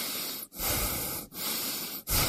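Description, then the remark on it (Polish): Loud, airy breaths drawn in and pushed out in a steady rhythm, each broad hissing rush separated by a brief pause, with no talking. “Proszę oddychać.”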